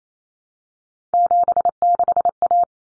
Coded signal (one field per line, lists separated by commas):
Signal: Morse code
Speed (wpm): 28 wpm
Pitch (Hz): 700 Hz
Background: none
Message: 76A